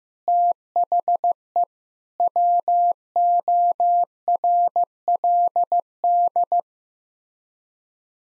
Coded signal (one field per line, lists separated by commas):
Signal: Morse code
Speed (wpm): 15 wpm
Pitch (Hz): 700 Hz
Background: none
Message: THE WORLD